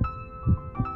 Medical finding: A strong heartbeat.